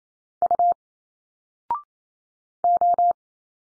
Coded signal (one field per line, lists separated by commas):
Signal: Morse code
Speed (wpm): 28 wpm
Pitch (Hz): 700 Hz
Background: none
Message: U O